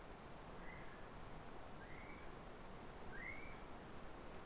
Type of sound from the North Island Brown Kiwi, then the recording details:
male call. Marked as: faintness 3/5. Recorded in New Zealand on 3 November 2013. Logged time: 01:58. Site CV71